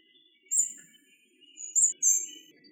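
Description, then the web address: Spotted flycatcher calls, a few short, thin, very high notes, one near the start and two close together toward the end. "Muscicapa striata"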